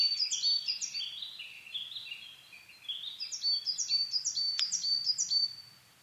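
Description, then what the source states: Coal tit song, fast bursts of high, sharp downslurred notes repeated in quick series, with softer lower notes between. Recorded 22 May 2010 at 17:41, Japan.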